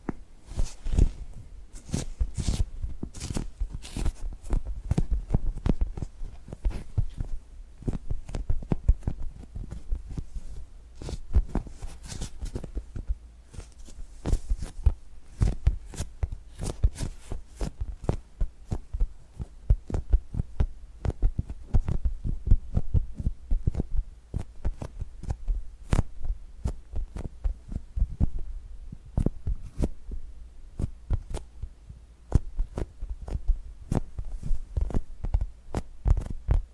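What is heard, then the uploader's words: Dense, irregular tapping and gripping clicks come in quick bursts throughout, with soft thuds underneath and a faint low hum. ASMR Tapping and Gripping Sounds for Sleep(No Talking).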